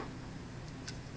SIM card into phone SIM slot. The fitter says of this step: shows you that little clicking motion right there